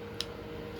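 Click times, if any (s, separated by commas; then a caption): 0.2 s. A plastic tab on the leg and torso assembly of a Transformers Age of the Primes Slingshot transforming robot toy is unclipped during transformation. A single sharp tick sounds at 0.2 s over a steady low background hum, and the assembly is released.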